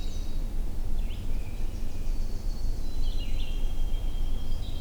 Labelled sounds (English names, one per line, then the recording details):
Red-eyed Vireo song
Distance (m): 80 m
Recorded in boreal forest in Alberta, Canada, on 21 June 2016 at 08:27
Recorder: SongMeter 3, array SBT-6-81
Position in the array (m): 49 m, 229 m